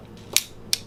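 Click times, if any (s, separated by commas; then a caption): 0.4 s, 0.7 s. With the safety pressed, the hammer in a Ruger Mark IV Standard pistol frame is pulled back by hand during a Victory trigger install. Two sharp metallic clicks are heard at 0.4 s and 0.7 s, the second louder. The hammer catches on the sear and stays in the cocked position.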